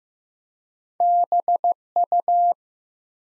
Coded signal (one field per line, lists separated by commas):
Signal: Morse code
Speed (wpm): 15 wpm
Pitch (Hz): 700 Hz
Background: none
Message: BU